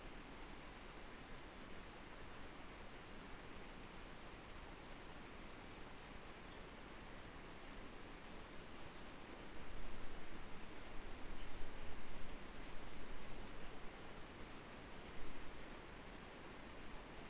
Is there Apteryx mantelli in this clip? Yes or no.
no